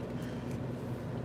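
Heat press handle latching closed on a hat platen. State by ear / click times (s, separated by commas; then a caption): not seated / none. The handle of a hat heat press is pulled down to lock onto a hat on the hat platen, heard as a steady low rumble with no distinct click. Nothing has latched yet: too much pressure let the press bounce instead of locking, and the timer did not start.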